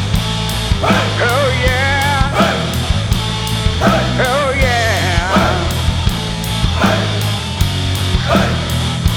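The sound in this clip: Chicken calls: drawn-out quavering squawks with wobbling pitch and a few shorter calls, above a constant low droning hum.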